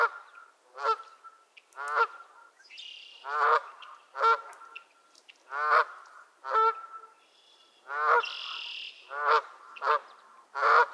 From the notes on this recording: Geese squabbles at Miner's Marsh, Annapolis Valley, Nova Scotia